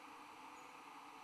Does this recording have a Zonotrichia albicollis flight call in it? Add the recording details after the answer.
no. No flight call is heard. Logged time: 05:08 on 16 December 2014